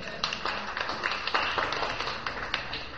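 An audience applauds, a dense, steady patter of many hands clapping at once that holds for about three seconds at a moderate, even level, with no one speaking over it.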